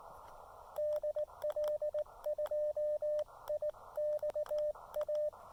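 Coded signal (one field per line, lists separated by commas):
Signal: Morse code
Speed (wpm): 18 wpm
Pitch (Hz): 600 Hz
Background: radio noise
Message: DL2IXA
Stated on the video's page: CW SOTA summit activation on Rocky Face, using an Elecraft KX2 with a Chameleon MPAS 2.0 antenna.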